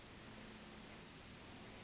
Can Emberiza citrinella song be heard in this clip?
no